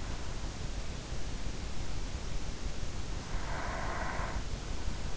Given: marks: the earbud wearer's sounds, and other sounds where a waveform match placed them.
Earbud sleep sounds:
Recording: sounds in sleep by an in-ear microphone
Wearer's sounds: breath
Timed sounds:
3.18-4.85 s: breath

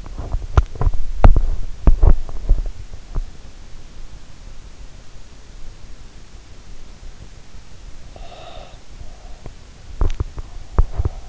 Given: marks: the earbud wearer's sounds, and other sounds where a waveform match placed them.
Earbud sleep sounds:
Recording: sounds in sleep by an in-ear microphone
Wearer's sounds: teeth grinding, breath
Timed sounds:
0.00-3.44 s: teeth grinding
7.94-8.92 s: breath
9.71-11.29 s: teeth grinding

